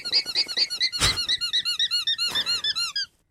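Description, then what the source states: Alpaca calls: a fast run of high, squeaky, arched notes, broken by two brief noisy bursts. Played as a guessing riddle; sounds like a game's horn, but is not.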